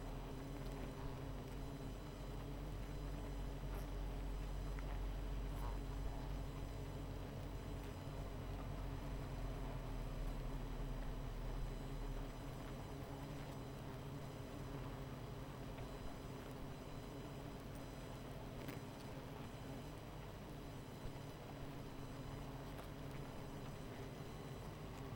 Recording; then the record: honeybee colony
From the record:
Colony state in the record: missing queen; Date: 14 July 2017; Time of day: 21:43